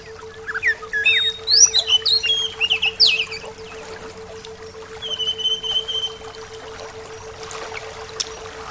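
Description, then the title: Bird sings a rapid string of whistled and chirping notes early on, then a long level whistle, over a faint steady hum. "SuaraBurung Kicau"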